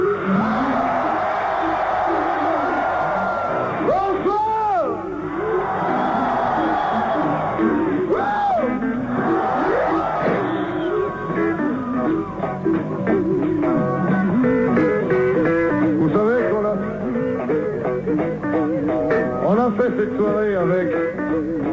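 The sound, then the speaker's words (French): A huge concert crowd of about 30,000 to 40,000 people shouts together at the singer's request in a sustained, loud roar, with countless overlapping yells and whoops rising and falling for about twenty seconds. “Alors, une fois, j'aimerais pour qu'on sache quand même, pour qu'on entende qu'il y a 40 000 personnes, j'aimerais tous en même temps vous entendre crier.”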